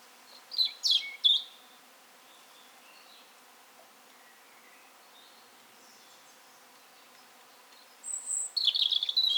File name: Erithacus rubecula